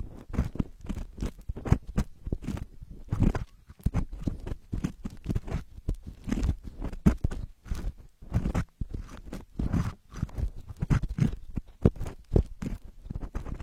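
Ear cleaning: dense, irregular scratching and crackling bursts follow one another rapidly for the whole stretch. Each rustle is short, with a heavy low thump beneath a crisp top, and brief quiet gaps between them. No other sounds intrude.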